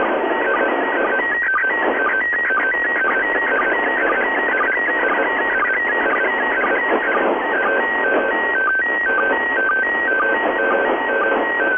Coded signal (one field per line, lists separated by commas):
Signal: SSTV (slow-scan television)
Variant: PD 120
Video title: IC-705 SSTV From the International Space Station